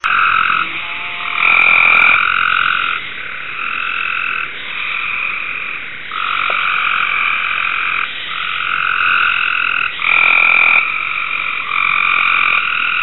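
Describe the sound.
Cope's gray treefrog chorus: buzzy, rapid trills about one to two seconds long, several callers overlapping almost continuously with short gaps, some calls louder than others.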